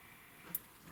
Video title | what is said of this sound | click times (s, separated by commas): E13- Geo Tracker / Suzuki Sidekick Rally Tops Hard Top Install | And then just go till it clicks. It hydraulics the grease out, so the click isn't as prominent as it would be if you hadn't have put dielectric on | 0.5 s